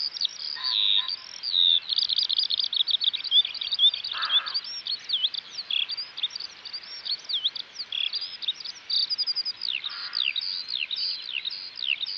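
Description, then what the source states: Eurasian Skylark song, a long rapid warble of high chirps, slurs and buzzy trills, with a few lower brief sounds underneath. Recorded in West Clare; synonymous with warm summer days; the song is incredibly fast.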